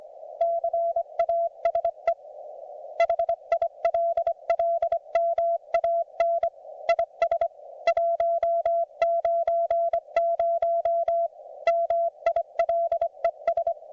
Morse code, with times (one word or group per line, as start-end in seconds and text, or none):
0.4-2.1 CASE
3.0-6.5 HILLMAN
6.9-7.5 IS
7.9-11.3 190
11.7-13.7 MILES